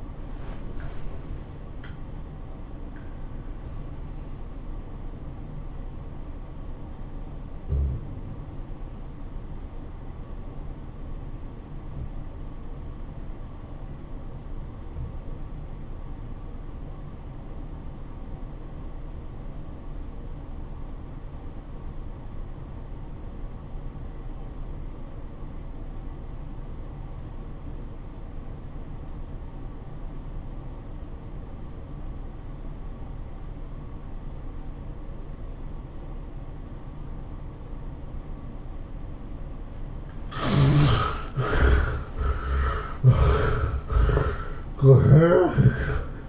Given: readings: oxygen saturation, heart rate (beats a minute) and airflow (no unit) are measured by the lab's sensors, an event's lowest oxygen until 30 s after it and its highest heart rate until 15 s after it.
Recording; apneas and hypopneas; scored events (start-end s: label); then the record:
breathing in sleep by a smartphone at the bedside; 1
5.00-40.20 s: obstructive apnea (REM, oxygen 94% highest, then 58% lowest, heart rate 108 at the start, 115 highest)
From the record:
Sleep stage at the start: REM sleep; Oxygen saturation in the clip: 64 to 94%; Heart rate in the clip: 64 to 115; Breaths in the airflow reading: 5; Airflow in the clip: -22.7 to 12.5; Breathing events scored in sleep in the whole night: 403 in 5.5 hours asleep